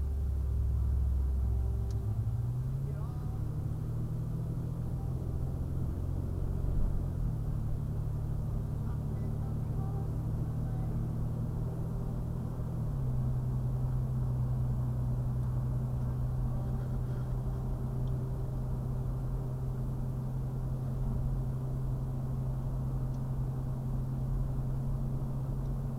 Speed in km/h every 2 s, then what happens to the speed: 21, 26, 27, 37, 42, 44, 47, 48, 50, 50, 50, 50, 52.
0-13 speeds up to 48. 13-26 steady at about 50.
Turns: none.